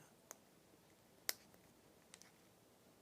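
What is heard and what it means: A magazine spring end is pressed into a polymer follower and snaps into place with a sharp, bright click at 1.3 s, confirming it is retained. Smaller clicks come before and after at about 0.3, 1.5, 2.1 and 2.2 s over a quiet background, and no one talks.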